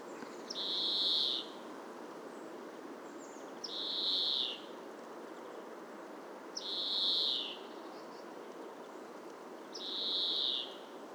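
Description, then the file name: European greenfinch producing four flat, buzzy, nasal wheezes at a regular pace of roughly one every three seconds, with soft background hiss. "Chloris chloris"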